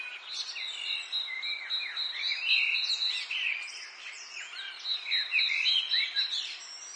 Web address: birdsong english garden late afternoon urban atmosphere